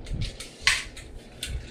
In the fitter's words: and voila these all locks in place there you go it'll fit right through your backpack